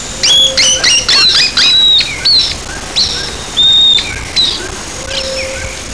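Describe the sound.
Bird calls: a series of short, high chirps and thin whistles, with a low steady whistled tone at times, over background noise.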